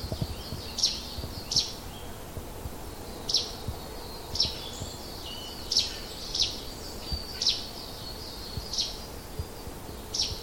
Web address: mountain sparrow call